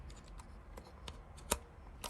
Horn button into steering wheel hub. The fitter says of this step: and the horn Just Clips right on there